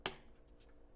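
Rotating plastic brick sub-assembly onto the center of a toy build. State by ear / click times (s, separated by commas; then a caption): seated / 0.1 s. A small assembled plastic brick sub-assembly is pressed onto the center of a Lego Mario set build and gives one sharp, loud snap at 0.1 s, followed by quiet low background. It snaps into place and can still rotate.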